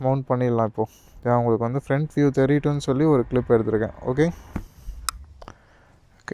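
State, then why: Seated. An Insta360 One X2 action camera is fitted onto its bike/helmet mount while someone talks, and sharp clicks are heard at 5.1 s and 6.3 s as it locks in. It is seated, but it needs an extension because it won't go any higher.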